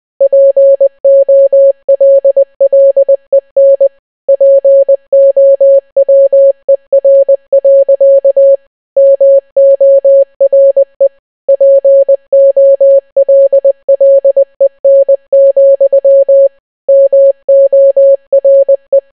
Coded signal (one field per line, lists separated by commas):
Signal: Morse code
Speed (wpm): 20 wpm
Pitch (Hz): 550 Hz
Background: none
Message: POLLEN POWER. MORE POLLEN, MORE